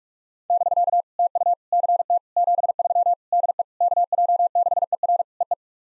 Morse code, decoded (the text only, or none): <BK> TU CT 73 DE KJ6ER EE